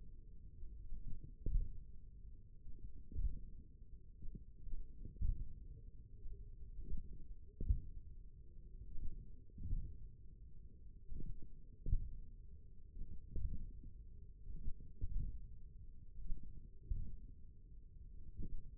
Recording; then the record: forearm muscle sounds (acoustic myography)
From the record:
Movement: tripod grip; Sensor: system 1, eight BSWA MPA416 microphones around the upper forearm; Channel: 2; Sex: male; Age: 28 years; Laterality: right